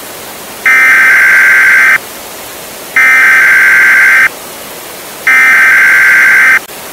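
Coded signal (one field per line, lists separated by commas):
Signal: Emergency Alert System (SAME) tones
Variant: header bursts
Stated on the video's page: Fictional Emergency Alert System scenario for a hail storm and tornado in New York City.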